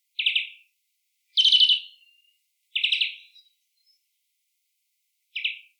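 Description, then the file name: European greenfinch calls: four clipped, rattling trills at irregular intervals, the last after a longer pause, against a silent background. "Chloris chloris"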